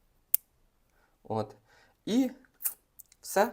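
A metal bit is pushed back into the magnetic socket of a Xiaomi Mijia Wiha precision screwdriver handle and snaps in with a sharp click at 0.3 s. Someone talks afterward, with a few faint clicks around 3.0–3.1 s. The bit is seated and holds without falling out.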